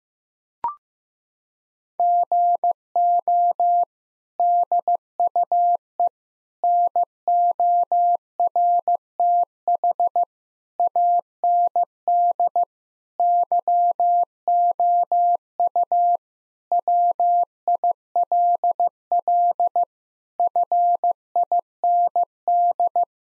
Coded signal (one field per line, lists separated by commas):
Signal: Morse code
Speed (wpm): 15 wpm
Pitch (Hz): 700 Hz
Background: none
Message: GO DUE NORTH AND YOU WILL FIND